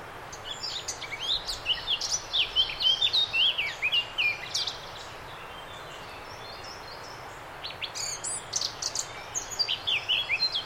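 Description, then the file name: Eurasian blackcap warbling: a lively jumble of high chattering and whistled notes for about four seconds, quiet for a while, then a second shorter outburst. "Sylvia atricapilla"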